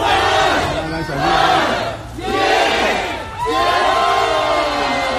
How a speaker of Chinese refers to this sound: 零点整，在小区门内冒着大雨等待了许久的居民们欢呼着倒计时，小区大门打开，欢笑的人群涌了出来。